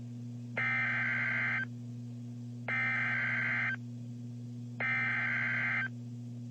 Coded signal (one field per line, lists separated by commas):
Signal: Emergency Alert System (SAME) tones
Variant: header bursts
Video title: Streamed Double Header Severe Thunderstorm Warning (EAS Alert #529-530)